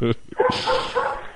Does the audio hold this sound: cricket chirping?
no